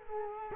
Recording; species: mosquito wingbeat signal from an infrared sensor; Culex quinquefasciatus